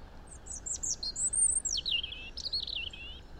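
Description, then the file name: European robin song: a few thin, high notes, then a long descending slurred whistle leading into a wavering, warbled run of lower notes. "Erithacus rubecula"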